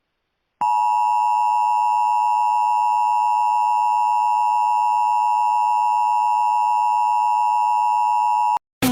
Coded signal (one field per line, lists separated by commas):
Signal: Emergency Alert System (SAME) tones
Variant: 853 and 960 Hz attention tone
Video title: NEW!!! EAS MOCK #2 /4/26/2023 Chicken nuggets anniversary part 1